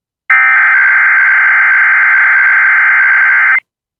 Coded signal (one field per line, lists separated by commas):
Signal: Emergency Alert System (SAME) tones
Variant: header bursts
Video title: (ARCHIVED) MTR SMW from WJON IP (EAS #208)